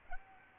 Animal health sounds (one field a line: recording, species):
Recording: mosquito wingbeat signal from an infrared sensor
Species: Aedes aegypti